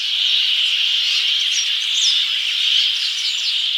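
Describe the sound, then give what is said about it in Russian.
A dense chorus of brambling flight calls: many short, high chirps overlapping over a steady bright hiss, continuous for the whole stretch with no voices. “Потому что в юрки часто летят стаи, и в марте каком-нибудь стоишь в поле, летит какая-нибудь гора птиц, и вот по этим позывкам полетным можно, в принципе, отличить в юрков.”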